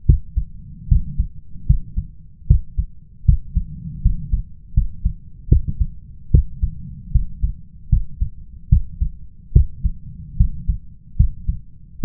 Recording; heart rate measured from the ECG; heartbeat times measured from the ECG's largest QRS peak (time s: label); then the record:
heart sounds by stethoscope; 75 bpm
0.05 s: heartbeat
0.87 s: heartbeat
1.65 s: heartbeat
2.46 s: heartbeat
3.24 s: heartbeat
4.01 s: heartbeat
4.73 s: heartbeat
5.48 s: heartbeat
6.30 s: heartbeat
7.11 s: heartbeat
7.89 s: heartbeat
8.68 s: heartbeat
9.52 s: heartbeat
10.36 s: heartbeat
11.16 s: heartbeat
12.00 s: heartbeat
From the record:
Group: healthy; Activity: rest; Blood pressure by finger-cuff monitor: 129/80 mmHg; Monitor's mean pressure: 95 mmHg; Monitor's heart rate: 76 bpm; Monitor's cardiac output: 6.2 L/min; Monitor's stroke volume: 82 mL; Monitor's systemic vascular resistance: 1130 dyn s/cm5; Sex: male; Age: 21 years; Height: 180 cm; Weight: 67.5 kg